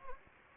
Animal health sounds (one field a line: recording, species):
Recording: mosquito wingbeat signal from an infrared sensor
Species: Anopheles gambiae